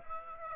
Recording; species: mosquito wingbeat signal from an infrared sensor; Aedes aegypti